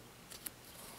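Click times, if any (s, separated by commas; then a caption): 0.5 s. The other half of a cheap replacement band's connector is slid into the opposite lug slot of an Apple Watch case. A faint tick at about 0.3 s comes before a sharp, bright snap at 0.5 s as the band latches. The band is seated in the slot.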